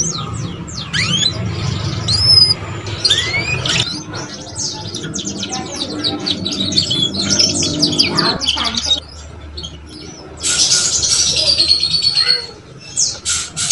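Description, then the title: Canary song with fast twittering, clear whistled notes and a loud buzzy trill near the end, a low hum underneath. Belgian canary song to warm up and stimulate young canaries to sing quickly and twitter. "Canto Para Esquentar Canário Belga. SUARA KENARI PAUD CUIT CUIT BELAJAR BUNYI - pancingan kenari paud muda agar cepat bunyi dan ngeriwik"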